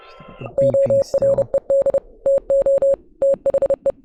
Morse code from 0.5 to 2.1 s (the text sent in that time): ORED